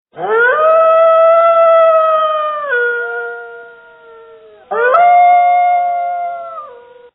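Wolf howls: a long, smooth howl that rises, holds steady, then drops in pitch and fades, followed straight away by a second howl that rises and slowly falls away.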